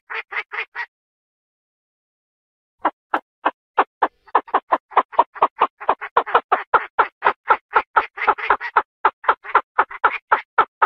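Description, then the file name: Chinese francolin rasping notes, a short burst, a pause, then a quickening run of harsh calls at about four per second. Female calling. "Tieng chim da da mai goi"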